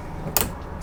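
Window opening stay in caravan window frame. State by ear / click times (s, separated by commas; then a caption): seated / 0.4 s. A caravan window's opening stay in its frame is pushed further open until it catches at its second stop, with a sharp click at 0.4 s. The stay is seated in its second stage. No one talks during the clip.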